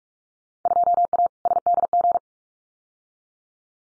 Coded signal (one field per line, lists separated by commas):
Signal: Morse code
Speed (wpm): 46 wpm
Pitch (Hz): 700 Hz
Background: none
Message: 2A SDG